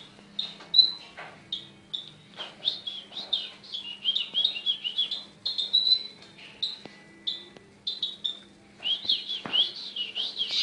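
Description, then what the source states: Sunbird singing a dense, fast chattering warble of twittering notes with hardly a break, over a steady low electrical hum. Mountain sunbird, champion songbird.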